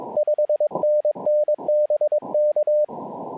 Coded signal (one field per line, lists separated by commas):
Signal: Morse code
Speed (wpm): 22 wpm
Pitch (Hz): 600 Hz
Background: radio noise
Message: 5NN BK